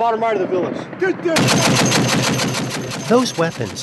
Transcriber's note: soundbite of gunfire